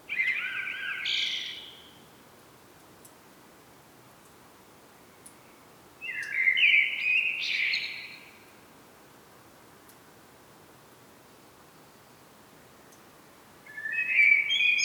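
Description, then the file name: Common blackbird song, fluted phrases with squeaky high endings separated by long pauses, three heard in all. "Turdus merula"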